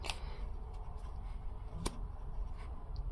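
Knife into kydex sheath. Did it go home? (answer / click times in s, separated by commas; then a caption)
yes / 1.9 s. An OTF knife is pushed all the way into its rigid kydex plastic sheath and seats with a sharp click at 1.9 s. A fainter tick comes at 0.1 s and a softer one near 3.0 s over a low background hum. Words in the clip: none, so no one talks.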